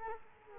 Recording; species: mosquito wingbeat signal from an infrared sensor; Culex quinquefasciatus